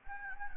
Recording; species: mosquito wingbeat signal from an infrared sensor; Anopheles gambiae